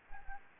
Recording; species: mosquito wingbeat signal from an infrared sensor; Anopheles gambiae